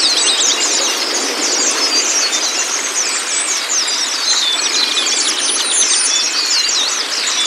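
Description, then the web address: White-eye song, busy high-pitched chattering and short whistled slurs packed tightly together, continuous from start to end. Therapy recording meant to get the bird to open its beak and sing; used for training pleci. "pleci terapi buka paruh. masteran pleci"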